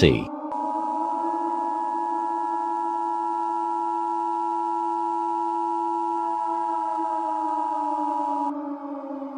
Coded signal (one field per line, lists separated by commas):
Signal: Emergency Alert System (SAME) tones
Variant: 853 and 960 Hz attention tone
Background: speech